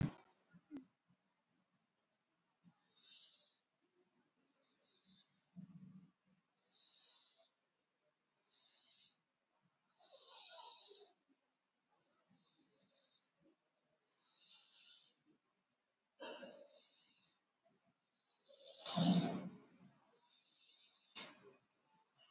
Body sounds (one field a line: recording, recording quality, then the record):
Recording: shallow breathing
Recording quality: excellent, no background noise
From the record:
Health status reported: exposed to COVID-19, no respiratory illness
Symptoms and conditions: cold, diabetes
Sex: male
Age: 52 years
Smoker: no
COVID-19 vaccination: both doses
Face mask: worn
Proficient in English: yes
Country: India